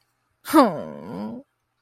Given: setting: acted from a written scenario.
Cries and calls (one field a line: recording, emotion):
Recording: vocal sound without words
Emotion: shame